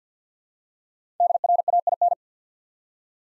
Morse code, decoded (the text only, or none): DRAIN